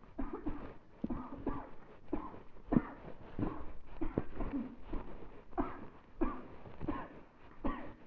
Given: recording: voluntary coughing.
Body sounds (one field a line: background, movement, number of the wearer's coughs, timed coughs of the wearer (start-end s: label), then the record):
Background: quiet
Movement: walking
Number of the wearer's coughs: 14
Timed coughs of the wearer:
0.16-0.37 s: cough
0.44-0.72 s: cough
1.07-1.37 s: cough
1.44-1.76 s: cough
2.10-2.41 s: cough
2.69-3.02 s: cough
3.39-3.86 s: cough
3.99-4.28 s: cough
4.37-4.78 s: cough
4.91-5.16 s: cough
5.55-5.87 s: cough
6.18-6.46 s: cough
6.85-7.21 s: cough
7.62-7.90 s: cough
From the record:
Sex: female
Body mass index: 36.4 kg/m2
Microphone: on the chest, facing the body